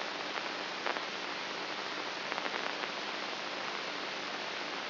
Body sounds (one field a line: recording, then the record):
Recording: brain microelectrode recording played as sound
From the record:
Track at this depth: inside the subthalamic nucleus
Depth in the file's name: 5.84 mm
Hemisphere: right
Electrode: 3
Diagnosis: Parkinson's disease